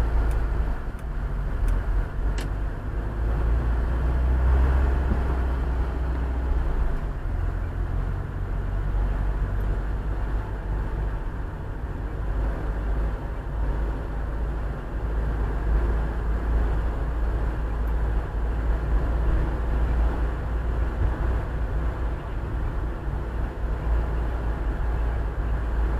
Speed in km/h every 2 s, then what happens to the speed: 11, 14, 21, 24, 26, 28, 29, 31, 31, 33, 33, 32, 33.
0-9 speeds up to 28. 9-26 steady at about 31.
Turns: none.